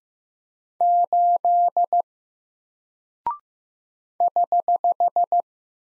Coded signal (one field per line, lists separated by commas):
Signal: Morse code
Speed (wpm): 15 wpm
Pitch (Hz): 700 Hz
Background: none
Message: 8 <HH>